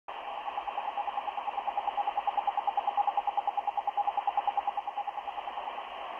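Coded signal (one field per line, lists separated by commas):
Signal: radio time signal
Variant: RWM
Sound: rapid short beeps, about ten per second, steady over radio hiss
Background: radio static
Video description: Sonidos: CW, Beeps. ( 10 Pulsos por Segundo ).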